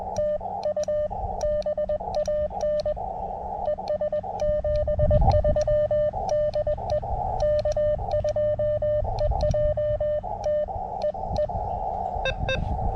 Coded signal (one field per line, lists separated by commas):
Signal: Morse code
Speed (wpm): 20 wpm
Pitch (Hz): 590 Hz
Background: radio noise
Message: TU BAN ES 73 DE K2EJT EE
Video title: A little unplanned CW POTA at K-2099